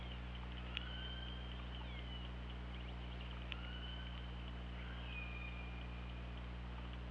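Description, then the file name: Killer whale calls: several harmonic calls in a row, level or gently falling, with occasional sharp clicks over a steady low underwater hum. Recorded by OrcaLab hydrophone on 24 August 2017 at 21:18:28. "Orca Lab UTLN JASON 20170824 211828"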